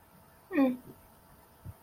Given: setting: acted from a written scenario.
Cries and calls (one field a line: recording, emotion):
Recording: vocal sound without words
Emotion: neutral